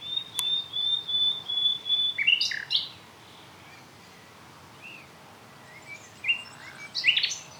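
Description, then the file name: Common nightingale singing: a long, steady high whistle, then a few sharp, loud notes, a pause, and another cluster of bright, varied notes near the end. "Luscinia megarhynchos"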